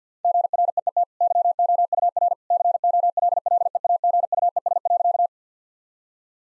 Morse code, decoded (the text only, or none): GREET YOUR COLLEAGUES.